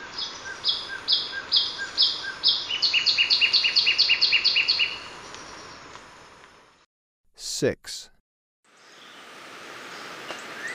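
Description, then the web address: Sepia-brown Wren song: repeated bright notes that speed into a fast trill, then silence broken by a brief loud noise. Ecuador. "Natures Songs S America Birds of Ecuador Sepia-brown Wren"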